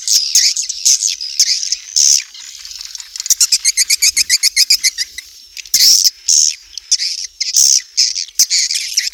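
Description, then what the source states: Swiftlet chirping calls: shrill, high twitters in dense bursts, with a fast run of evenly spaced clicking chirps near the middle and more twittering after it. Asia; sound used in swiftlet farming to attract the birds.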